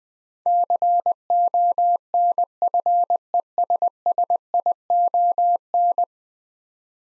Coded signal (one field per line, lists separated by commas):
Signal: Morse code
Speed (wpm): 20 wpm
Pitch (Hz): 700 Hz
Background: none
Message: CONFESSION